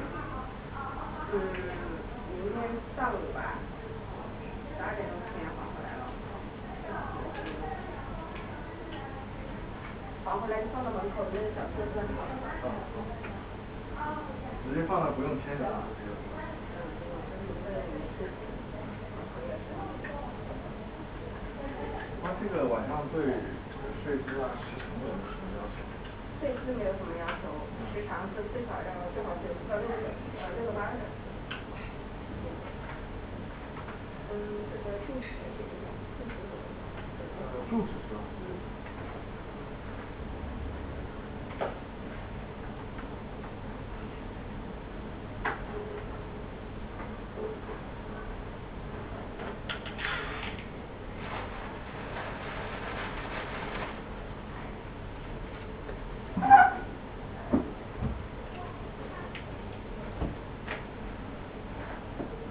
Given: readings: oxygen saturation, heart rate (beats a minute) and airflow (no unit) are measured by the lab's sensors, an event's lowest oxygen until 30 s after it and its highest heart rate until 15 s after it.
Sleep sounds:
a person awake in a sleep study, by a voice recorder at the bedside; none
0.00-62.50 s: awake
0.00-62.50 s: awake
From the record:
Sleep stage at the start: awake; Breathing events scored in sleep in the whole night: 210 in 6.9 hours asleep

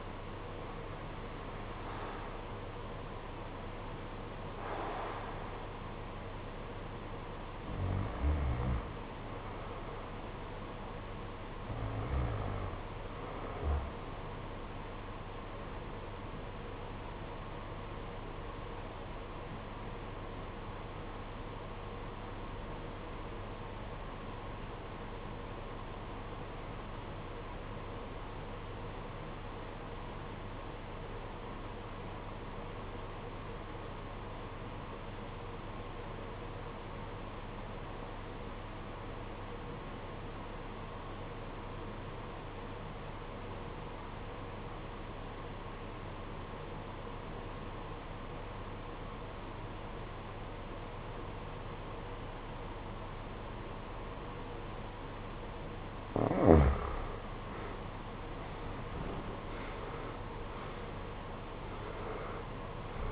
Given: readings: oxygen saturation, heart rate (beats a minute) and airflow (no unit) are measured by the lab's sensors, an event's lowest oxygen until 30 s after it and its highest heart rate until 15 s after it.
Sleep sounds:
breathing in sleep by a voice recorder at the bedside; 1
17.00-58.70 s: obstructive apnea (REM, oxygen 95% highest, then 67% lowest, heart rate 60 at the start, 88 highest)
From the record:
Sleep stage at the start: REM sleep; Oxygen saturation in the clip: 66 to 95%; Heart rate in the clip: 49 to 88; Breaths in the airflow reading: 7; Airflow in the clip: -20.2 to 18.5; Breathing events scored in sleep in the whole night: 476 in 9.7 hours asleep

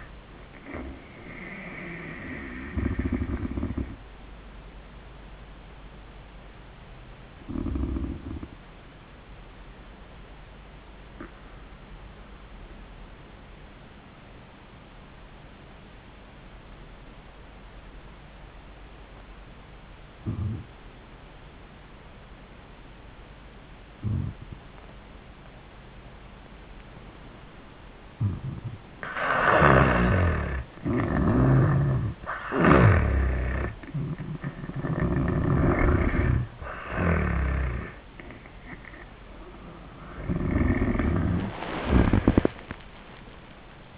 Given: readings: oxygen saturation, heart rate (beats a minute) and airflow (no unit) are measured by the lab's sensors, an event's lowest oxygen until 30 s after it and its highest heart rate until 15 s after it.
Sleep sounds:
breathing in sleep by a voice recorder at the bedside; 1
5.00-32.00 s: hypopnea (N2, oxygen 97% highest, then 81% lowest)
35.00-43.98 s: new sleep stage, N1 (lightest sleep)
From the record:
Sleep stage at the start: N2 (light sleep); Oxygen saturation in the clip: 84 to 97%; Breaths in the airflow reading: 7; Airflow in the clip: -14.6 to 9.3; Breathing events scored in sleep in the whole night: 400 in 8.7 hours asleep

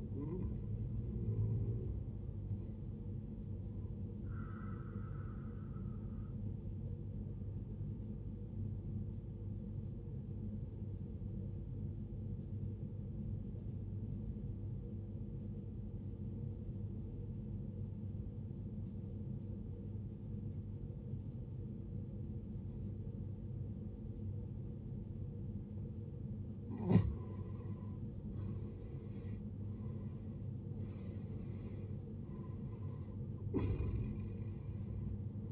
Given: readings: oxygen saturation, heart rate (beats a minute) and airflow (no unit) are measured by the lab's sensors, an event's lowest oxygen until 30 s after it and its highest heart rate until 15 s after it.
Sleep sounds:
breathing in sleep by a smartphone at the bedside; 1
8.00-26.80 s: obstructive apnea (N1, oxygen 95% highest, then 83% lowest, heart rate 60 at the start, 72 highest)
15.00-35.51 s: new sleep stage, N2 (light sleep)
From the record:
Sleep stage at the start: N1 (lightest sleep); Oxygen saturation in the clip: 81 to 95%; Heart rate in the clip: 57 to 73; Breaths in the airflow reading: 5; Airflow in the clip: -14.6 to 16.4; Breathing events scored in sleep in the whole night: 389 in 6.3 hours asleep

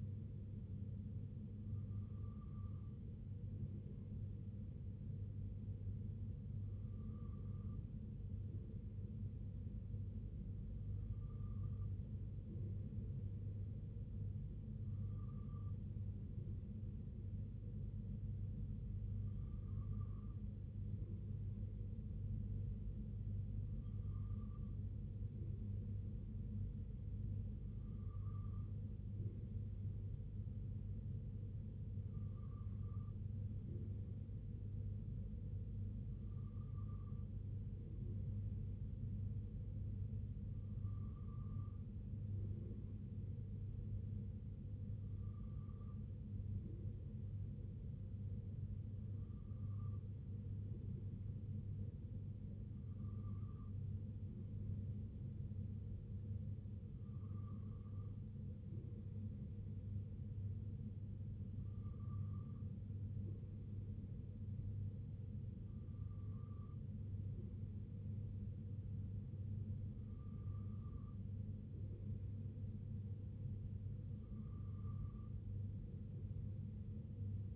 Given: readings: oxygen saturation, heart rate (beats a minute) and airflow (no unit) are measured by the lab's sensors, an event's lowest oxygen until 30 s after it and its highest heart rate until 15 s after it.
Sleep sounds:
breathing in sleep by a smartphone at the bedside; none
none scored
From the record:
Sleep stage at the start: N2 (light sleep); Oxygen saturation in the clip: 94 to 95%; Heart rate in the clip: 62 to 66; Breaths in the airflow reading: 18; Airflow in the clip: -2.8 to 2.1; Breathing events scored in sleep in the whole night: 258 in 7.4 hours asleep

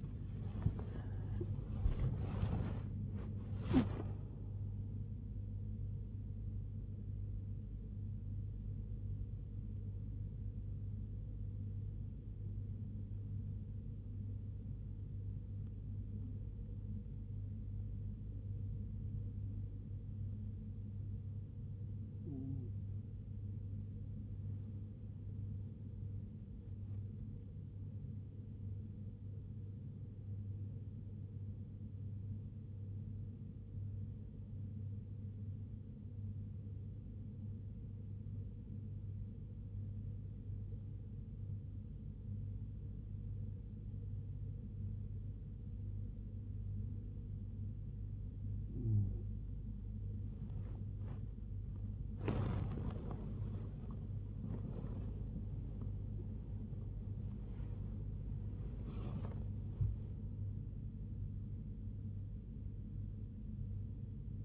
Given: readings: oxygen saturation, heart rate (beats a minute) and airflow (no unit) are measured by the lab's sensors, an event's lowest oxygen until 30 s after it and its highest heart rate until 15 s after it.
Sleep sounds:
breathing in sleep by a smartphone at the bedside; 2
0.00-1.00 s: awake
11.00-27.80 s: hypopnea (N1, oxygen 97% highest, then 93% lowest, heart rate 70 at the start, 74 highest)
30.00-60.00 s: new sleep stage, N2 (light sleep)
38.00-52.50 s: hypopnea (N2, oxygen 95% highest, then 94% lowest, heart rate 65 at the start, 82 highest)
60.00-64.44 s: new sleep stage, N1 (lightest sleep)
From the record:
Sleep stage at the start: N1 (lightest sleep); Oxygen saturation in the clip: 93 to 97%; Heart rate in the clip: 63 to 82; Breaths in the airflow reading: 19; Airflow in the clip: -4.4 to 2.0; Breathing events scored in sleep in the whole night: 101 in 7.3 hours asleep

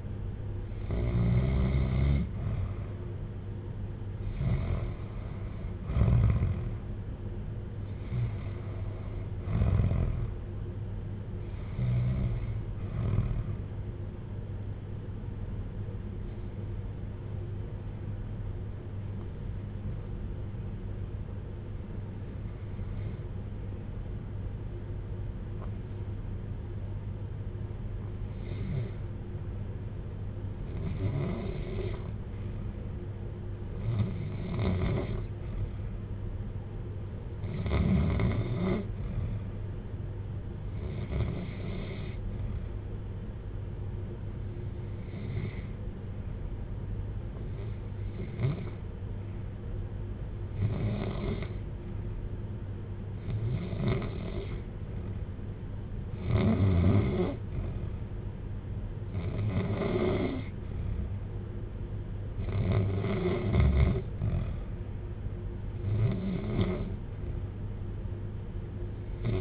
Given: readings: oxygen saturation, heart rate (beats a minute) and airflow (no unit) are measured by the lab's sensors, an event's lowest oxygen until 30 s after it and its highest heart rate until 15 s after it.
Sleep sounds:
breathing in sleep by a smartphone at the bedside; 2
21.00-39.50 s: hypopnea (REM, oxygen 95% highest, then 85% lowest, heart rate 63 at the start, 66 highest)
45.00-63.50 s: hypopnea (REM, oxygen 90% highest, then 82% lowest, heart rate 63 at the start, 67 highest)
From the record:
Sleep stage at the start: REM sleep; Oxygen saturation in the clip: 85 to 95%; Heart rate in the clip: 56 to 71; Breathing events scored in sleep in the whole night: 310 in 8.1 hours asleep

